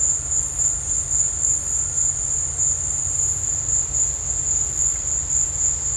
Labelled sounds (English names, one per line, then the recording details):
none
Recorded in dense forest near Puerto Asís, Putumayo, Colombia, on 16 December 2024 at 16:00
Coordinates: 0.468, -76.322
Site G071